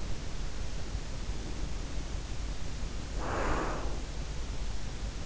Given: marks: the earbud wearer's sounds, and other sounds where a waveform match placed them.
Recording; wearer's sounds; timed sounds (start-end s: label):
sounds in sleep by an in-ear microphone; breath
1.25-4.21 s: breath